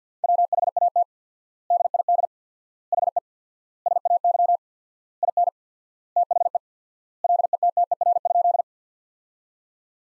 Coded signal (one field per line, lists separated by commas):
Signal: Morse code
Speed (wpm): 50 wpm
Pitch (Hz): 700 Hz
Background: none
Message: WHAT DID HE SAY IN THE LETTER?